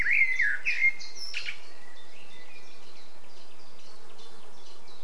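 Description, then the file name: Common blackbird giving one short, mellow warbled phrase that ends in a thin squeaky flourish, while a steady train of high, buzzy pulses keeps repeating throughout. "Turdus merula"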